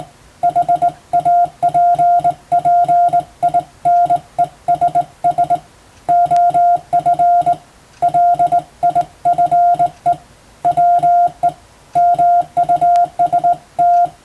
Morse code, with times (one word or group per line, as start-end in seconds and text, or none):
0.4-5.6 HAPPINESS
6.1-7.5 OF
8.0-10.1 LIFE
10.7-11.5 WE
12.0-14.1 MUST